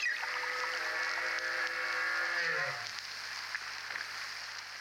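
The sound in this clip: Whale song: sustained harmonic tone ending in a sliding low moan that falls away, followed by quiet hiss.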